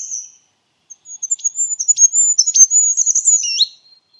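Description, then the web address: Bird calling with a brief high note, then a rapid string of thin, squeaky chirps for over two seconds, ending on a lower rising note; otherwise silent. "cianscape. Deverinetal 2025. Bird Only"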